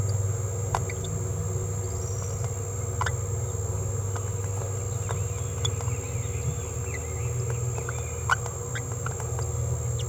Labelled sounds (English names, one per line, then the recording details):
Green-rumped Parrotlet babbling
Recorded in a nest box in Venezuela
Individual 18B17A4